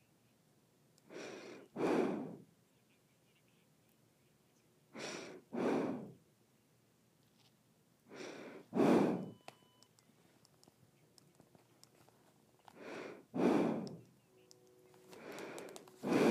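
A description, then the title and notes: Breathing through the nose comes in slow pairs, a shorter intake followed by a stronger, rougher push of air, about every three to four seconds. Each breath is a hissy whoosh with a low, rumbly core, and near silence fills the gaps between them. ASMR Nose Breathing.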